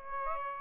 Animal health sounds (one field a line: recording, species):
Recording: mosquito wingbeat signal from an infrared sensor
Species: Aedes aegypti